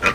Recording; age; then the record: pig call; piglet (1 to 25 days)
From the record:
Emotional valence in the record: positive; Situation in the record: after nursing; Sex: female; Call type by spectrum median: low-frequency call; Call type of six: high-frequency stable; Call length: 0.14 s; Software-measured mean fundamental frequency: 239 Hz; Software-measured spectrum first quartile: 1028 Hz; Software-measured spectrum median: 1707 Hz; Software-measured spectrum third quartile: 2465 Hz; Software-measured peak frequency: 2491 Hz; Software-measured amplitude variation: 151 dB a second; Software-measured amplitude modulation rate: 3.4 a second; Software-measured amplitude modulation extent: 43.9 dB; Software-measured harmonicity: 0.8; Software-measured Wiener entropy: -1.01